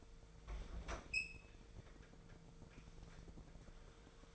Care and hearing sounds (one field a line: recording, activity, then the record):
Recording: daily activity, microphone in the room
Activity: open fridge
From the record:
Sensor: 5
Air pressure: 1015.0 hPa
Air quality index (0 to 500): 176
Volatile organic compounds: 6 ppm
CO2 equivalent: 1933 ppm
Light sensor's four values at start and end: 80/185/80/89 and 67/156/66/71